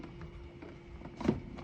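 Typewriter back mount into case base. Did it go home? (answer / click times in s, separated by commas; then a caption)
no / none. A 1937 Remington Junior portable typewriter is clamped down into its case, with the back of the typewriter pressing onto the case base. Light taps and rattles come at about 0.0, 0.2, 0.6, 1.1 and 1.6 seconds, with a louder, fuller knock near 1.3 seconds over a quiet background. The back does not seat or lock in properly, and nothing has seated or clicked yet.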